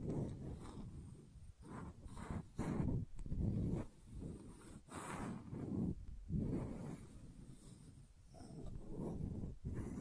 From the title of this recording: Gentle Scratching